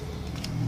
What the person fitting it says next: Beleza ela já se travou no lugar dela aqui